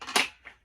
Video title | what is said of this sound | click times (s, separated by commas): Daniel Defense 11.5 upper With New Eothech EXPS 3-0 Danger Close Reticle D.C.R. | yeah, it just slides right over, locks in place. | 0.5 s